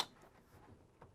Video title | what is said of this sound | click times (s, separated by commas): Technician Tour - 2019 Lance 1575 PRE-OWNED | just want to push this back until we hear that click in and that's | 1.0 s